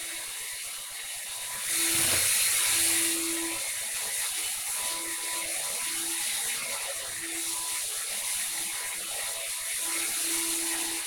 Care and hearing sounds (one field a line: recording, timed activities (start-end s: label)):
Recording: household activities, microphone on the right wrist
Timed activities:
0.00-11.07 s: vacuum cleaning